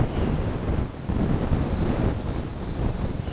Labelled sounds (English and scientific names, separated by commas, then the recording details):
none
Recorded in secondary vegetation near Puerto Asís, Putumayo, Colombia, on 19 March 2025 at 15:30
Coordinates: 0.484, -76.319
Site G010